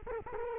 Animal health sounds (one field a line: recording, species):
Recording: mosquito wingbeat signal from an infrared sensor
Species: Culex quinquefasciatus